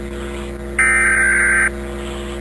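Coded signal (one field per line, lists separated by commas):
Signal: Emergency Alert System (SAME) tones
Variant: header bursts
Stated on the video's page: Fictional recreation of an EAS alert themed on SpongeBob.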